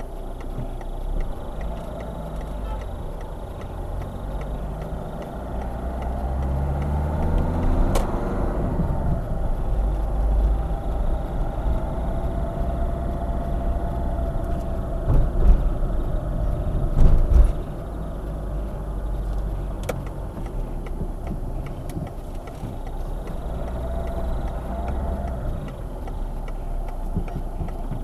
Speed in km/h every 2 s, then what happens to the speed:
0, 12, 19, 24, 26, 29, 28, 24, 21, 17, 8, 13, 9, 5.
0-10 pulls away to 29. 10-20 slows to 8. 20-28 steady at about 8.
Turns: none.